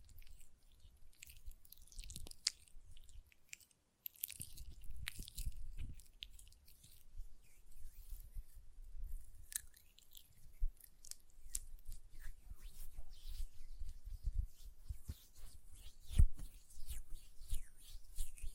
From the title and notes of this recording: Hand Sounds, Nail Tapping and Lotion Sounds.